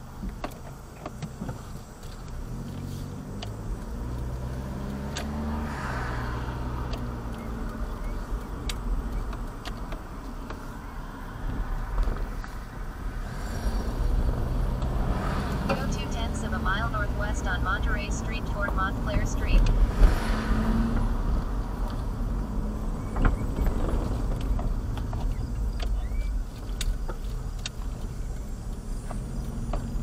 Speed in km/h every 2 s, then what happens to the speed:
0, 3, 19, 27, 27, 19, 15, 16, 21, 23, 23, 21, 18, 10, 8.
0-6 pulls away to 27. 8-12 slows to 15. 12-20 speeds up to 23. 23-26 brakes to 10.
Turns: 6-11, 25-28.